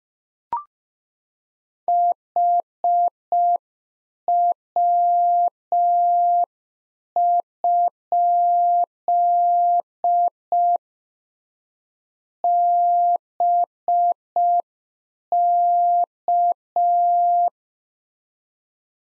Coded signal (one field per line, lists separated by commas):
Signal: Morse code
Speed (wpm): 5 wpm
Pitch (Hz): 700 Hz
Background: none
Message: HW? BK